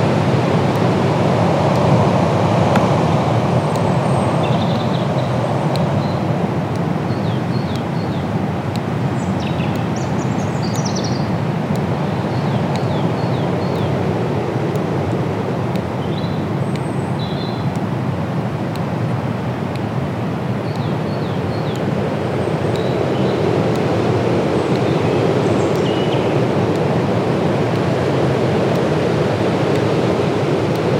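A woodland soundscape with a steady, dense low rush, like wind through trees, filling the whole half minute at an even level. Small bird chirps and twitters flicker above it throughout, more busily between about 5 and 17 seconds, with a few sharp clicks.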